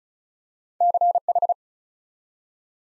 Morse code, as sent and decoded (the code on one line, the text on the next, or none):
-.-. ....
CH